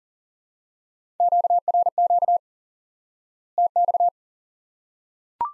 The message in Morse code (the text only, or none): QRQ TX